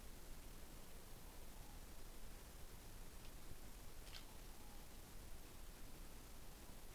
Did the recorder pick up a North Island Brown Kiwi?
no